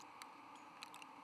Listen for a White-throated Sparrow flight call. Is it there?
no